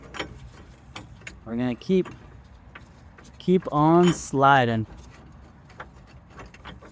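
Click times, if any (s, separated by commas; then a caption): none. A metal internal spring compressor is slid up through a coil spring toward the top, producing scattered short knocks and scrapes while someone talks. Nothing has locked into place yet.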